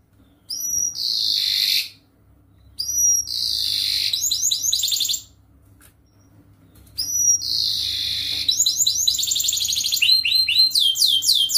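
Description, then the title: Canary song in three phrases, each starting with a rising whistle and buzzy trill, the last running into fast repeated sweeping notes. Gacor (lively singing) canary with the best cengkok (melodic turns) and most luxurious isian (filler phrases); kicaumania song for training. "Kenari Gacor Cengkok Isian Kenarigacor Kicaumania Kenari"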